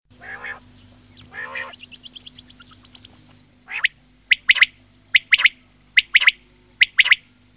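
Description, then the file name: Quail giving harsh nasal calls and a descending run of short notes, then crisp repeated three-note phrases, a short note followed by a quick pair, roughly every second. "QUAGLIA"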